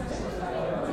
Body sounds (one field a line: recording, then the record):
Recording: background sound without coughing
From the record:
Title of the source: 60 minutes of coffee shop sounds for study and concentration